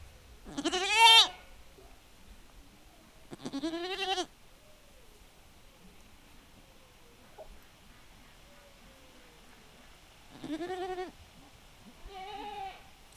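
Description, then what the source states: Goat bleating over thirteen seconds: two strong, shaky bleats early on, a long quiet gap, then two softer bleats near the end. Domestic goats in a farmyard, calling back and forth in a dialogue in the wind.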